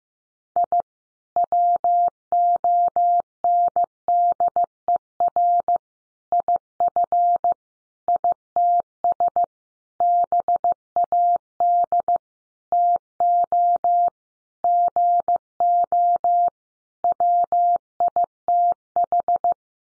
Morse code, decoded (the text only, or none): I WONDER IF ITS BAD TO GO WITH